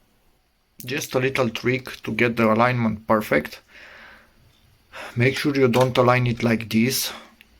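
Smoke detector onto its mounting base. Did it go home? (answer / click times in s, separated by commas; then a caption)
partly / 7.4 s. An X-Sense XS01-WT Wi-Fi smoke detector is placed misaligned on its ceiling mounting base and twisted, with someone talking throughout. A small tick sounds at 7.4 s, but the detector is not fully locked in and would still rotate further.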